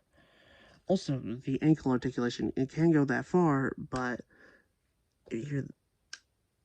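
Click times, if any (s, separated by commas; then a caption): 6.1 s. Someone talks about a plastic ankle-area joint on a Transformers Heralds of Unicron 86 action figure, then pauses as the joint is moved past its limit. At 6.1 s, a short, sharp click is heard as the plastic joint snaps back into place.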